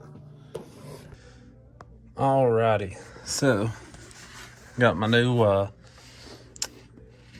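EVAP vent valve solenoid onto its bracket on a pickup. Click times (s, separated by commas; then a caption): 6.6 s. Under a Silverado pickup, a new plastic EVAP vent valve solenoid is slid onto its mounting bracket as part of a P0449 repair, while someone talks. It locks into place with a sharp double click at about 6.6 and 6.6 seconds, and the valve is seated.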